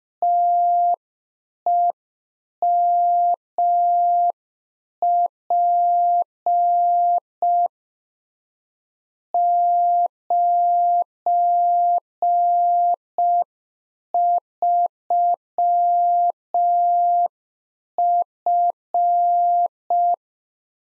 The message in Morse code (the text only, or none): TEMP 93F